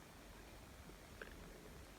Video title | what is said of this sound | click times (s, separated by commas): N scale Kato 2-8-2 Heavy Mikado. Installing the bag of detail parts. | I don't know if you can hear it snap but uh once you got it lined up properly | 1.2 s